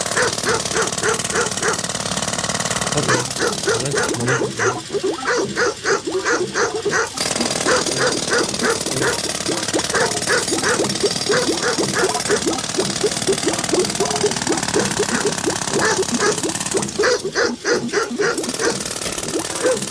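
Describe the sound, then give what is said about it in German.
A dog barks loudly and persistently, firing off rapid runs of sharp barks in rhythmic bursts that fill the full twenty seconds with hardly a pause. “Nee, Moment, ich höre nur das Hundegebell.”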